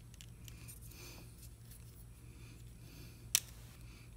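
A plastic body section of a Transformers The Last Knight Premier Edition Deluxe Slash action figure is pushed up into the figure's torso during transformation. Over a quiet low hum with a few faint small ticks near the start, one loud, sharp snap sounds at 3.4 s as the section locks into place. The panel is seated.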